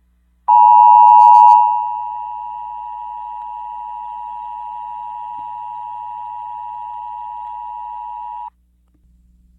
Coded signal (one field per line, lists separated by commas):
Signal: Emergency Alert System (SAME) tones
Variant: 853 and 960 Hz attention tone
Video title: Nick Jr emergency alert system